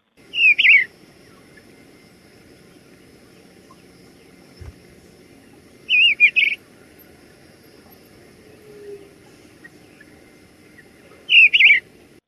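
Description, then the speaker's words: Eastern Bluebird song: short, soft warbled phrases of a few notes, repeated about every five seconds over a faint low hum. "We have a sound of an eastern bluebird. Let's listen to that."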